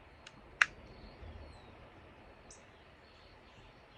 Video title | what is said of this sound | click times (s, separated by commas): Survivals camping 26” mountain bike assembly. Part 1 | until you hear it click | 0.6 s